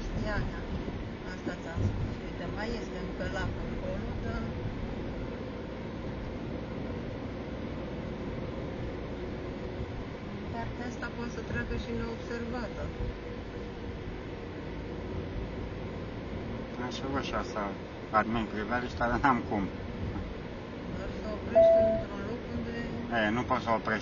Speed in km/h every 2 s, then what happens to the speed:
45, 49, 50, 52, 54, 51, 47, 48, 53, 53, 55, 58.
0-7 speeds up to 54. 13-24 speeds up to 58.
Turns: none.